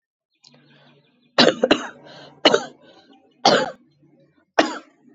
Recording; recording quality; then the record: shallow voluntary cough; excellent, no background noise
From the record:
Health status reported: COVID-19 positive, mild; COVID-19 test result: positive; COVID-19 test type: rapid antigen test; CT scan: not taken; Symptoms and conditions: cough, cold, sore throat, diabetes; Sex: female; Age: 60 years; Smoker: no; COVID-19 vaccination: both doses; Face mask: not worn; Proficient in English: yes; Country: India